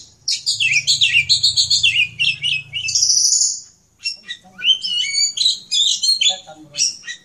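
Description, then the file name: Oriental magpie-robin song of quick varied whistles and trills, including one long sustained high note, then a brief pause before the bird resumes; a low hum runs under the first half. Captive, privately owned bird. "kicauan kacer raja rimba milik om khadafi omkicau"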